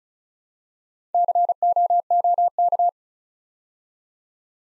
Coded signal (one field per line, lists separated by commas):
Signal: Morse code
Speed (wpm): 34 wpm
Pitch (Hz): 700 Hz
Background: none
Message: COOK